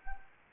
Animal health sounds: mosquito wingbeat signal from an infrared sensor; Anopheles gambiae

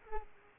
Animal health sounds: mosquito wingbeat signal from an infrared sensor; Aedes aegypti

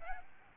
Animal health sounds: mosquito wingbeat signal from an infrared sensor; Aedes albopictus

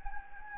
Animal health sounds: mosquito wingbeat signal from an infrared sensor; Anopheles gambiae

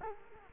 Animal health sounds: mosquito wingbeat signal from an infrared sensor; Culex quinquefasciatus

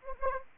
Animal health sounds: mosquito wingbeat signal from an infrared sensor; Anopheles gambiae

